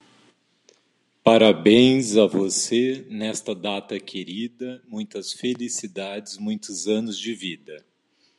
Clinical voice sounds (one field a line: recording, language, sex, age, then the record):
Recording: short text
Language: Brazilian Portuguese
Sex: male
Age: 40 to 49 years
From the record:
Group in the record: control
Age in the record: 40 years